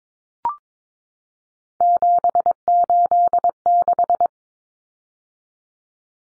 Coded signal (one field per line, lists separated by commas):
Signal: Morse code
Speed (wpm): 22 wpm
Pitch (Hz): 700 Hz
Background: none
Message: 786